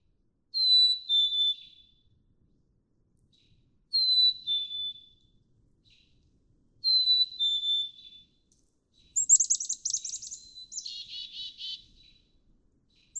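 Black-capped chickadee song, three clean falling two-note whistles about three seconds apart, followed by a high buzzy burst and rapid chattering notes.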